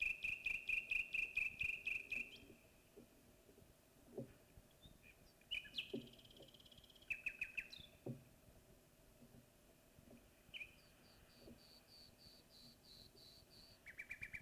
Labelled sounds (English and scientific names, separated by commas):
Common Nightingale (Luscinia megarhynchos) song